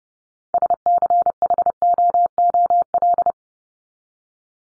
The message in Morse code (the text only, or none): SCHOOL